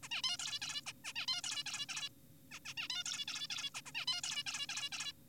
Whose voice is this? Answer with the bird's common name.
Zebra Finch